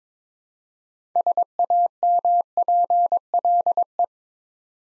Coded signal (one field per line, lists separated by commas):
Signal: Morse code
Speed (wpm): 22 wpm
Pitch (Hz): 700 Hz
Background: none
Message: SAMPLE